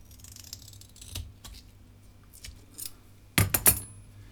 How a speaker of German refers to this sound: Wir befestigen 2 Neodym-Magnete an der Dose und das machen wir mit einem Streifen Klebeband. Es muss auch gar nicht so viel sein.